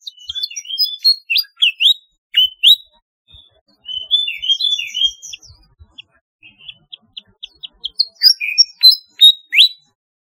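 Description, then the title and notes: Flycatcher delivering high, clipped chirps and short buzzy phrases in bursts, separated by short silent gaps, ending with a run of sharp notes. "Kicau Burung Sikatan"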